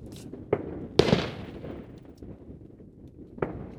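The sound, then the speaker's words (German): Several fireworks bang outdoors, including a small 5-metre consumer firework from Aldi set off by someone, in an irregular series: a sharp pop, a louder boom with a crackling, hissing tail, then another pop after a lull, over a steady low rumble. “Da hinten hat auch wieder einer so ein lächerliches Ding. Guck. So ein 5-Meter-Spritzer vom Aldi.”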